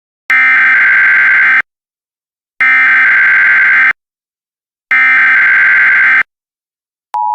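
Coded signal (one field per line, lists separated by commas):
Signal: Emergency Alert System (SAME) tones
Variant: header bursts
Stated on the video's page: Fictional mock scenario alert about terrorism leading to a national emergency.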